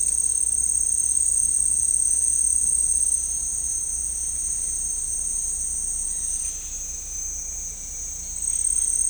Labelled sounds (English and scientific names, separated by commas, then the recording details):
none
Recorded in dense forest near Puerto Asís, Putumayo, Colombia, on 16 December 2024 at 12:30
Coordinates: 0.499, -76.324
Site G045